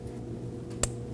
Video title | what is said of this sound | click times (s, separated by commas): How to Replace High Pressure Fuel Pump 2009-2014 Ford F-150 3.5L V6 | Make sure both sides lock into place and then lock the bottom piece into the other side. | 0.8 s